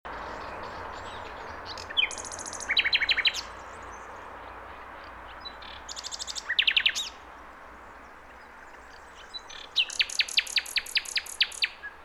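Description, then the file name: Common nightingale song in three separate bursts of rapid repeated high notes, some phrases buzzy, with quiet pauses and faint background hiss. "Luscinia megarhynchos"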